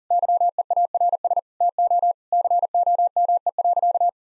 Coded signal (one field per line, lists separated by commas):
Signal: Morse code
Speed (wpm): 40 wpm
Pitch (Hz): 700 Hz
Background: none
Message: YEARS TO COME.